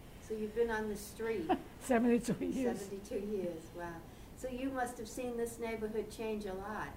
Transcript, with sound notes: So you've been on this street...
Seventy-two years. ( she laughs )
Seventy-two years. Wow. So you must have seen this neighborhood change a lot.